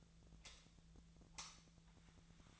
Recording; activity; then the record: daily activity, microphone in the room; light off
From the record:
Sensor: 3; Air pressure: 1009.7 hPa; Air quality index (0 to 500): 191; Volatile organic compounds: 15 ppm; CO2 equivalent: 2481 ppm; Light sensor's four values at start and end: 45/119/50/52 and 39/96/41/44